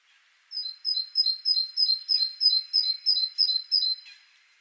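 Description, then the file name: Great tit giving a quick series of around eleven sharp, high two-part notes, each stepping downward, evenly spaced in a steady chattering run. "Parus major"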